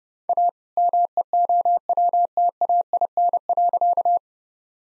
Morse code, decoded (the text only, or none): A MEOWTAIN.